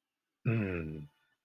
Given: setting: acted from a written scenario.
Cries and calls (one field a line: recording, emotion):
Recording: vocal sound without words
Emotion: serenity